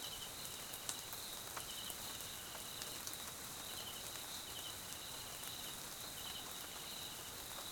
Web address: Tonschliff - SOUTH AFRICAN CRICKETS BG Swaziland Mkhaya Jungle Night Rain